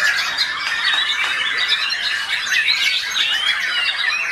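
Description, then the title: Oriental magpie-robin pouring out a brief run of shrill whistles and rasping chirps in quick succession, bright and busy with no pauses. "Kicau Kacer"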